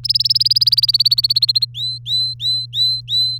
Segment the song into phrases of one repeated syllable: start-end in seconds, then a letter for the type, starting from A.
0.04-1.65 A, 1.74-3.38 B